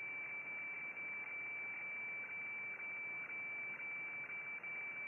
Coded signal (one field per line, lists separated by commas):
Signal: weather fax (radiofax)